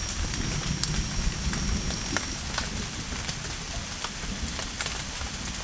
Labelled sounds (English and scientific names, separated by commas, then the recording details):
none
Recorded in secondary vegetation near Puerto Asís, Putumayo, Colombia, on 24 June 2025
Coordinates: 0.488, -76.319
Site G094